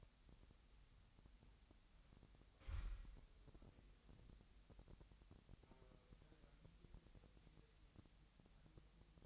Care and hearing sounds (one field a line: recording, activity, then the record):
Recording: daily activity, microphone in the room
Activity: wipe stove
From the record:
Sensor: 3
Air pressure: 1003.3 hPa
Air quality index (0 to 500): 200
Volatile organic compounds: 7 ppm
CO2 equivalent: 1953 ppm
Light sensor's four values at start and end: 9/22/9/9 and 9/21/9/9